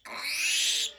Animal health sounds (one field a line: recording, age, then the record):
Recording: pig call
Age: piglet (1 to 25 days)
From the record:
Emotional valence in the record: negative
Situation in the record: restrain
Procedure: back test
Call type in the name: high-frequency call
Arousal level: low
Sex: male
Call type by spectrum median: high-frequency call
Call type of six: high-frequency stable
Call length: 0.99 s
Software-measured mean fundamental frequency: 255 Hz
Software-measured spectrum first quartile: 3010 Hz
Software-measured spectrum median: 4200 Hz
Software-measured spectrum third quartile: 6521 Hz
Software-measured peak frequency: 2577 Hz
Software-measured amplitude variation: 108 dB a second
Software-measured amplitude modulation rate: 24.3 a second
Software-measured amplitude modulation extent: 4.5 dB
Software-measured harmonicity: 1.8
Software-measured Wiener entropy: -1.98